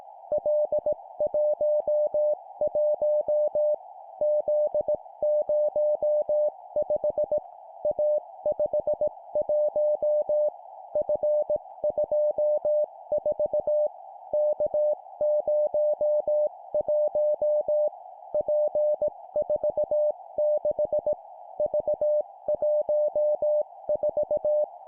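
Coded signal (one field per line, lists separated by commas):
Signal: Morse code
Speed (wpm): 18 wpm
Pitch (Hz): 600 Hz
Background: music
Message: L11 Z05 A51 F24 K01 P46 V14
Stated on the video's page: Morse drill at 17 wpm of three-character groups: letter, number, number.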